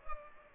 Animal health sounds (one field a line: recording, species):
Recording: mosquito wingbeat signal from an infrared sensor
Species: Culex pipiens